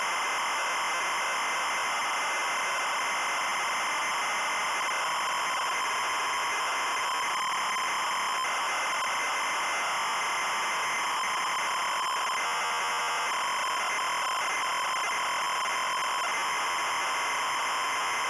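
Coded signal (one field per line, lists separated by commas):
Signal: ZX Spectrum tape loading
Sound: harsh buzzing screech with a steady high tone, shifting into rapid warbling data noise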